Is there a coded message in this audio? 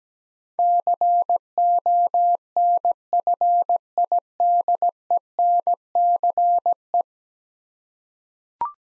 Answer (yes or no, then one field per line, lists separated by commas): yes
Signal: Morse code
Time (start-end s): 0.6-7.0 s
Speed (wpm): 17 wpm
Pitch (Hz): 700 Hz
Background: none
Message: CONFIDENCE